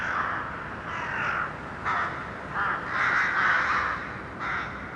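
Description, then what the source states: Crows caw loudly in a rapid, irregular series of harsh calls over a constant background hiss. Urban crows; recording processed, detuned.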